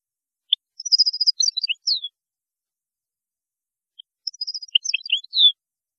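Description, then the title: European goldfinch song in two tinkling phrases of rapid high twitters, each ending with a descending slurred note, separated by a two-second pause. "Chant Chardonneret"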